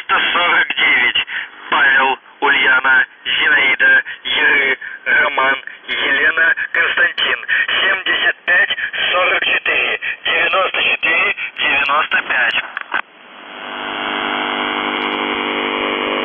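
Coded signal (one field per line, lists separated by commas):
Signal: numbers station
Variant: UVB-76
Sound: a voice reads a message in short words for 13 seconds, then a steady low buzz returns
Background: radio static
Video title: The Buzzer/UVB-76(4625Khz) June 21, 2021 08:06UTC Voice message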